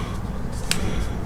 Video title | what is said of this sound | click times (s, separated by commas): Feyachi Pressure Switch Mount | There it goes. I just felt it snap into place. You may have heard that. | 0.7 s